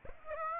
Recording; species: mosquito wingbeat signal from an infrared sensor; Aedes aegypti